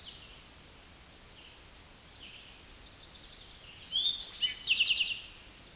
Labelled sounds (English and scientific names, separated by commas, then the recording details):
Eastern Towhee (Pipilo erythrophthalmus) song
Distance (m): 10 m
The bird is about 5 m above the microphone
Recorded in a Pennsylvania forest on 16 May 2024 at 09:49
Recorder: AudioMoth, point MSD-2166
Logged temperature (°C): 16.3 °C
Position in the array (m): 107 m, 8 m